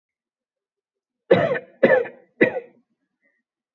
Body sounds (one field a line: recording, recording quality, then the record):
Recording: shallow voluntary cough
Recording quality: excellent, no background noise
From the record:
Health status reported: healthy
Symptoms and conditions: none ticked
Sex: male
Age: 30 years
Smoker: not ticked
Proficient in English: yes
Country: India